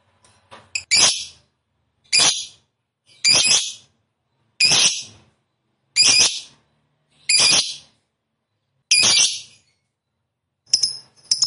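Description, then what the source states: Lovebird song: a series of harsh, buzzy, high-pitched bursts separated by short pauses, each a short shrill rasp with scratchy overtones, against a quiet background. Lovebird described as a 'fighter' type that is 'gacor', singing prolifically and continuously.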